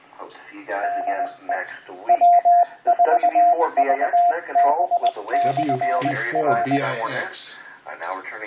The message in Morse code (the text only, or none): DE W4VB/R